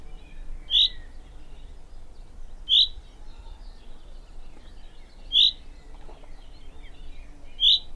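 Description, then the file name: Common chaffinch calls: four short, sharp, high notes spaced about two to three seconds apart, over a low background hum. "Fringilla coelebs"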